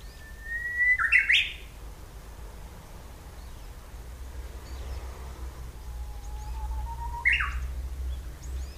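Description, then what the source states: Japanese bush warbler: two songs from a Japanese bush warbler, each a level whistled note ending in a bright rising burst, roughly six seconds apart over a low background rumble. Recorded 16 April 2007.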